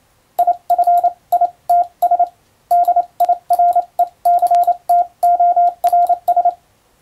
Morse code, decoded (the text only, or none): IF ITS DIRECTORS